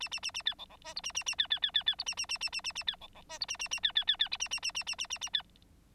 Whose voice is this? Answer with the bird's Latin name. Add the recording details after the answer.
Lonchura striata domestica. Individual Bird9